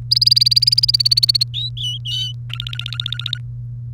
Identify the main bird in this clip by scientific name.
Serinus canaria